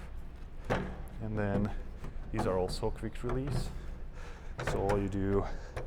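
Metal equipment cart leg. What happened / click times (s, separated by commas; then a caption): The quick-release leg has not clicked in yet / none. Someone talks while handling a quick-release leg for an Inovativ Voyager 36 video equipment cart, about to push it into the cart's frame. Faint handling noise sits under the speech, and the clip ends before the leg goes in; nothing has seated or clicked yet.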